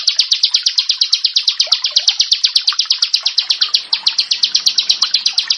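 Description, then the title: Prinia singing quick bright chirps in a continuous series. "Ciblek Sawah"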